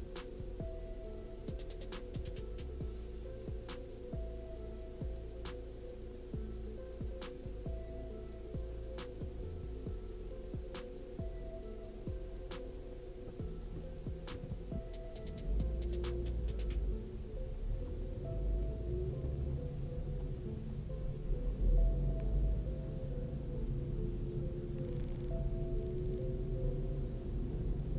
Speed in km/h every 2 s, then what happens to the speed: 0, 0, 0, 0, 0, 0, 0, 0, 8, 12, 16, 21, 23, 25.
0-15 standing. 15-28 pulls away to 25.